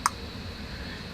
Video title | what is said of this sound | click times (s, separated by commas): ShenDrones Hevi Build | slide it all the way in until you hear it go | 0.1 s